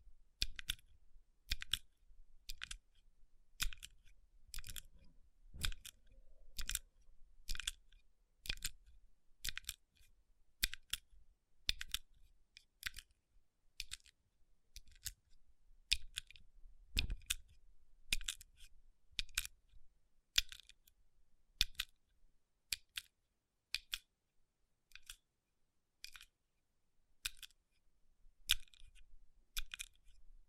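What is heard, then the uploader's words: Tapping on rhinestone-covered palms: crisp, bright clicks arrive at a steady pace of about one per second for the whole half minute. Some taps come in quick pairs, with faint scratchy rubbing between them and near silence otherwise. Tapping & Rubbing Rhinestone Covered Palms.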